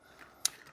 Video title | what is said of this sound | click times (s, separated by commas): Spur N: So werden Donnerbüchsen endlich vorbildgerecht | Just snap it into place. | 0.5 s